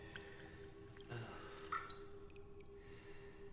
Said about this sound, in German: Das Wasser tropft immer noch. Tja, damit musst du wohl leben. Du solltest froh sein, dass es nur tropft.